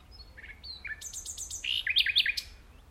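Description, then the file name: Common nightingale delivering a mix of thin high whistles, a quick ticking series, and a louder rich warbled ending. "Luscinia megarhynchos"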